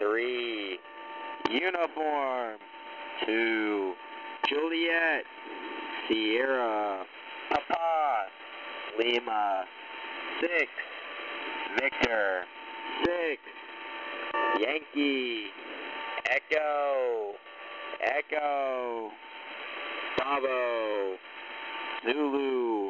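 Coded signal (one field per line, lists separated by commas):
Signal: coded military voice message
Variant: USAF HFGCS Emergency Action Message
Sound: voice slowly reading phonetic-alphabet letters and digits in a coded string over radio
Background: radio static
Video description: This message was initially broadcast on 8992.0 kHz on December 4th, 2023, and is an encrypted message from a station with the callsign "Railbird" addressed to all stations.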